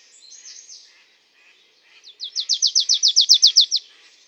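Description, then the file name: Marsh tit calling a rapid, even string of high, clipped notes, preceded by softer twittering. "Poecile palustris"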